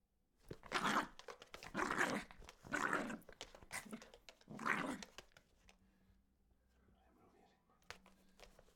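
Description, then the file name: Dog barking, five loud harsh barks about a second apart, followed by a low hum and a single soft knock. "PES"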